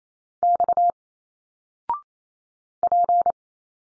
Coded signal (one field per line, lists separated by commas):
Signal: Morse code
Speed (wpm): 27 wpm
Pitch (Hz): 700 Hz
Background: none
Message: X P